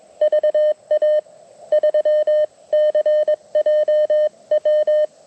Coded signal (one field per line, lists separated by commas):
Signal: Morse code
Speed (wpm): 22 wpm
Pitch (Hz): 1800 Hz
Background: none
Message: VA3CJW